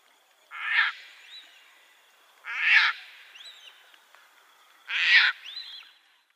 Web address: Schulze Peter Caspian Tern